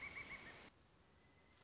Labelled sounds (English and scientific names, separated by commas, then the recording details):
Pileated Woodpecker (Dryocopus pileatus)
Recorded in Sonoma County, California